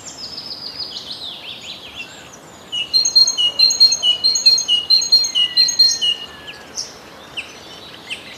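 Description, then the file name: Great tit song: a run of several ringing, evenly spaced repeated phrases, with other birds calling before and a thin falling whistle during it. "Bogatka"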